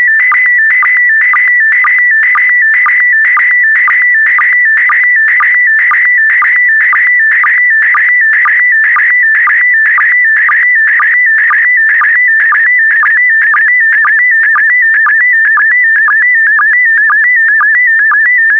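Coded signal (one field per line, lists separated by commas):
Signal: SSTV (slow-scan television)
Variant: PD120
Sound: steady warbling tone near 2 kHz with brief low blips about twice a second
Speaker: transmission complete you can now check your decoded image against the picture that is shown on the video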